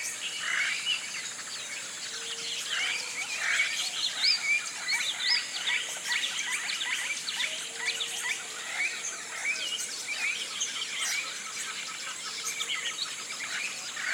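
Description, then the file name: Birds: bird chorus of many overlapping chirps and whistles, irregular and busy throughout, with a persistent high insect hum. Tropical rainforest at morning, flocks of birds rousing in the canopy. "articulated TROPICAL Rainforest morning rousing flocks of birds"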